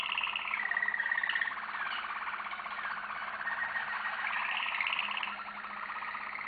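Canary song of fast rolling trills with brighter whistled notes, sustained almost without pause for the whole stretch.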